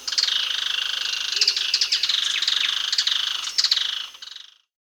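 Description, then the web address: Plain softtail singing a fast, scratchy, pulsed series that runs on and fades out near the end. Recorded in Peru. "Natures Songs S America Birds of the Amazon 2. Plain Softtail (Thripophaga fusciceps), Peru"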